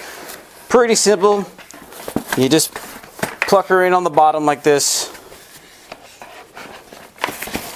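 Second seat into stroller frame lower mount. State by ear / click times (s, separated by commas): seated / 7.2 s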